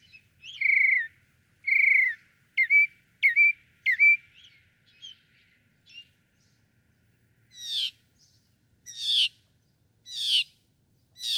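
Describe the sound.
Northern mockingbird song, changing phrases: two slurred whistles, a string of sharp notes, then four loud sweeps spaced about a second apart.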